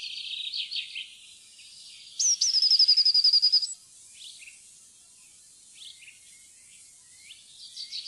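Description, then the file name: Eurasian blue tit song: two thin high notes followed by a fast, even trill lasting about a second, with softer twittering before and after. "blaameis"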